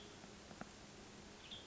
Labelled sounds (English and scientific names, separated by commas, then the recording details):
Western Tanager (Piranga ludoviciana)
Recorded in Sonoma County, California